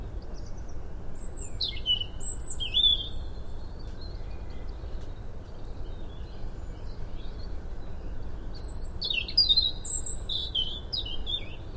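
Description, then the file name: European robin song: thin high whistles and short trilled phrases at the start and a denser sparkling phrase near the end, over steady low noise. "Erithacus rubecula"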